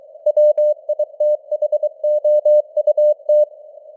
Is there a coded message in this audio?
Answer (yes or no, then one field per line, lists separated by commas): yes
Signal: Morse code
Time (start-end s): 0.3-3.4 s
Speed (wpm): 23 wpm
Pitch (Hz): 600 Hz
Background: none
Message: WITHOUT